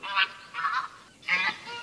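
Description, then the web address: Bean goose calls, three loud, hoarse honks with a fainter call at the end. "Гуменник Oca Granaiola"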